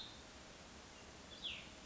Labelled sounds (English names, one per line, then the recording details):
Cassin's Vireo
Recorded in Sonoma County, California